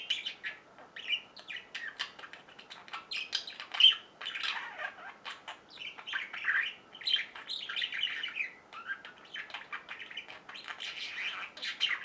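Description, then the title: Budgerigar warbling chatter, a continuous stream of quick squawky and twittering notes rising and falling in bursts across the whole stretch. "Budgie Sounds"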